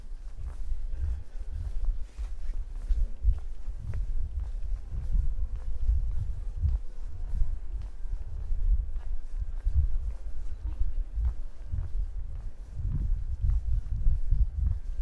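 A walk through Prague streets, with a steady low rumble of movement and crowd noise throughout. Faint footsteps and scattered short clicks and knocks come through at irregular moments, with indistinct voices mixed in underneath and a few stronger low thumps around thirteen seconds.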